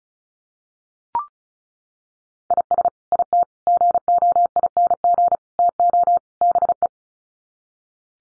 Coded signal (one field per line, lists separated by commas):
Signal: Morse code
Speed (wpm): 34 wpm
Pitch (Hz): 700 Hz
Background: none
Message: IS IT GOING TO BE